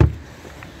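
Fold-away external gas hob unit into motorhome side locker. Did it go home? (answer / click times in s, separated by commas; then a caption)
yes / 0.0 s, 0.6 s. A fold-away external three-burner gas hob unit with igniter and heat deflectors on a 2013 Chausson Suite Relax motorhome is pushed up into the side locker and locks in place. A heavy low thump is heard at 0.0 s, followed by a lighter click at 0.6 s as the unit seats.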